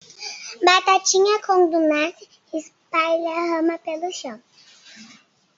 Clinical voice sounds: short text; Brazilian Portuguese; male; 50 to 59 years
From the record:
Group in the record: control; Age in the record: 55 years

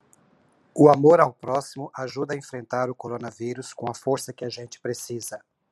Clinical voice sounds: spoken sentence; Brazilian Portuguese; male; 50 to 59 years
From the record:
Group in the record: control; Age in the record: 54 years

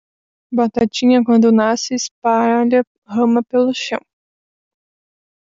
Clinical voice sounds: short text; Brazilian Portuguese; female; 20 to 29 years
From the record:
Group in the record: control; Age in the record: 22 years

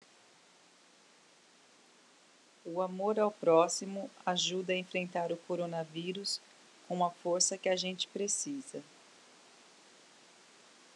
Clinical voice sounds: spoken sentence; Brazilian Portuguese; female; 30 to 39 years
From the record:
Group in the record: control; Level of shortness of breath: 0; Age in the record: 39 years

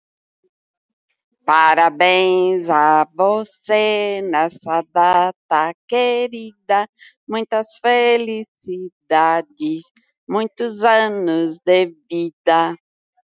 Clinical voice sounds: short text; Brazilian Portuguese; female; 50 to 59 years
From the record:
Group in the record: control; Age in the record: 51 years

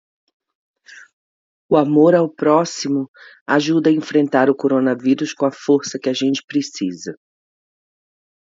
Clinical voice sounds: spoken sentence; Brazilian Portuguese; female; 50 to 59 years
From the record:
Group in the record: control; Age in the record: 54 years

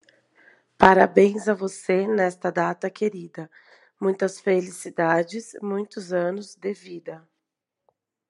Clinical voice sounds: short text; Brazilian Portuguese; female; 40 to 49 years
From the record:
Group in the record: control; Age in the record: 42 years

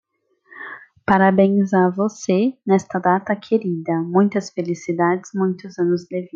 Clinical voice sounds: short text; Brazilian Portuguese; female; 20 to 29 years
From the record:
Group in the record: control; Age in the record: 22 years

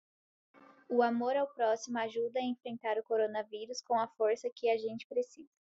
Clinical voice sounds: spoken sentence; Brazilian Portuguese; female; 18 to 19 years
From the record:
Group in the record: control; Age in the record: 18 years

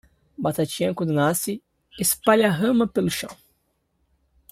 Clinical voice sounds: short text; Brazilian Portuguese; male; 20 to 29 years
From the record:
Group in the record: control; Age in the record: 21 years

